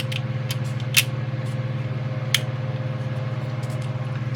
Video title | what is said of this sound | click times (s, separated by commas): Eaglemoss Build the U.S.S. Enterprise NCC-1701-D shipment 7 (Build Video) | so it locks into place all right | 2.3 s